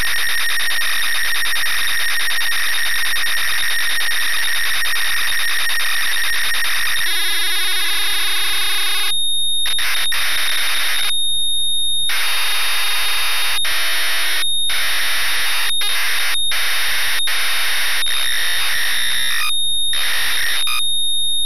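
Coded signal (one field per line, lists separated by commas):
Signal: ZX Spectrum tape loading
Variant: ZX Spectrum 48K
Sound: harsh buzzing data screech in bursts separated by short silences, with a steady whine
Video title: West Bank (1985) ZX Spectrum game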